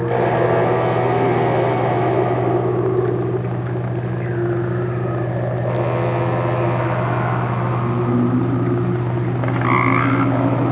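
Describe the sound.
Crabeater seal moaning calls, layered harmonic tones overlapping throughout over a steady low hum, with a brief brighter burst near the end.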